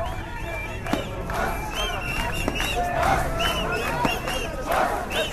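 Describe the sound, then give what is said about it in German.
A large crowd in Tahrir Square, Egypt, shouts and cheers without pause over the fall of the regime, many voices overlapping into a dense, steady roar with sharp individual yells and whistles rising above it. “Das Volk hat das System gestürzt, rufen die Massen.”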